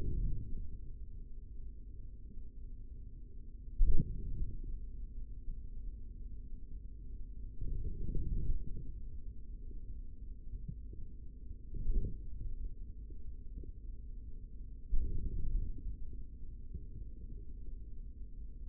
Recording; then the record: forearm muscle sounds (acoustic myography)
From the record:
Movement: forearm supination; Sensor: system 3, bracelet of six PUI Audio POM-2738L microphones around the upper forearm, with dedicated amplification and filtering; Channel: 5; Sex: male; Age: 25 years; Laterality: right